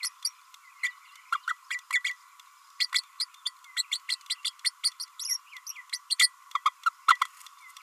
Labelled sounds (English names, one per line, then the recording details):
Green-rumped Parrotlet babbling
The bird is a female
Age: 30 days
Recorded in a nest box in Venezuela
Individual 17B32A5